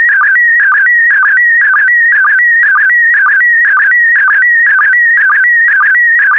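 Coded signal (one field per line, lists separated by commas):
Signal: SSTV (slow-scan television)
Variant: PD120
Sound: warbling electronic tone shifting pitch, with a short low chirp about twice a second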